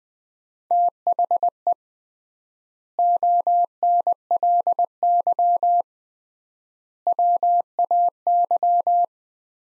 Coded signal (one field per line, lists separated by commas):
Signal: Morse code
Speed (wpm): 20 wpm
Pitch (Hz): 700 Hz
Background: none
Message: THE ONLY WAY